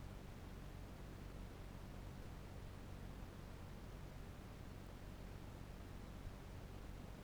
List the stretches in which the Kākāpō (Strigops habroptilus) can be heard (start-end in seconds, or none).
none